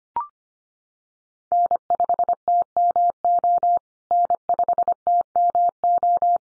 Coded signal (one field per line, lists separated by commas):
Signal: Morse code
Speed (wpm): 25 wpm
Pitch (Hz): 700 Hz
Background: none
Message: N5TMO N5TMO